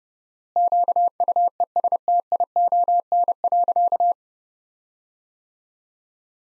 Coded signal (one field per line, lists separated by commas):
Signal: Morse code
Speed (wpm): 30 wpm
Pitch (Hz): 700 Hz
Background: none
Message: QUESTION.